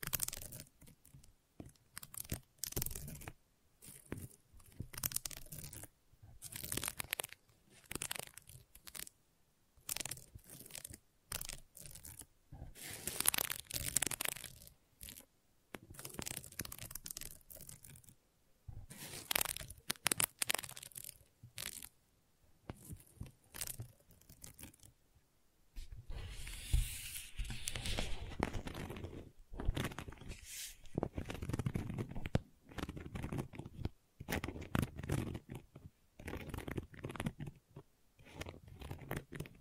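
Gentle scratching comes in short, irregular bursts with brief silent gaps between them, each stroke a dry, papery rasp reaching into bright high tones. Around the 26-second mark the scratching turns denser and more continuous, with a faint low rumble underneath.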